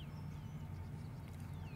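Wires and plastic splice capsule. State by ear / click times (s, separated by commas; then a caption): not seated / none. Three wires are laid into a plastic splice capsule, one out the front and one out each side, before the cap is snapped shut. A steady low hum runs through the clip with faint high whistling tones above it. The cap has not been closed yet, so nothing has clicked into place.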